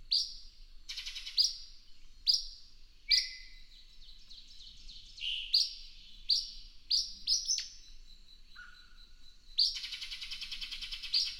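Bird song varied in pattern: high chirps, buzzy lower notes, a steady beaded tone, then a broad harsh burst near the end.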